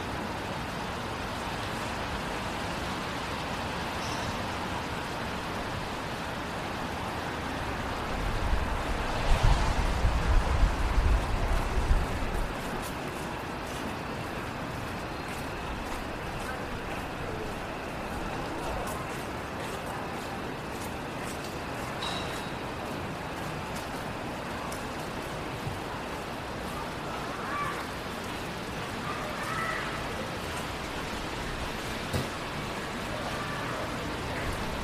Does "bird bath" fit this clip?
no